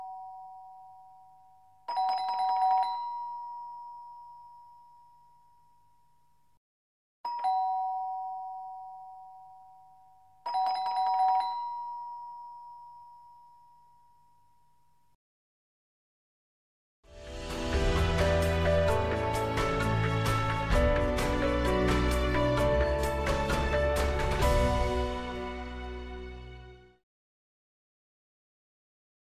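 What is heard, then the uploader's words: A doorbell sounds three times, near 2, 7 and 10.5 seconds, each a clear two-tone chime that rings out and slowly fades. After a short silence, a dense, loud ringing burst runs from about 17 to 27 seconds before cutting off. 門鈴聲音效. Door Bell Ringing.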